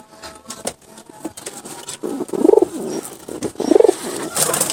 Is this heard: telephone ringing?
no